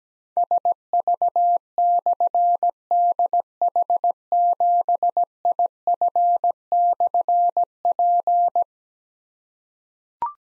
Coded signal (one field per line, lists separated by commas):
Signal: Morse code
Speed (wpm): 17 wpm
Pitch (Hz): 700 Hz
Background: none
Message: SV/DH7IF/P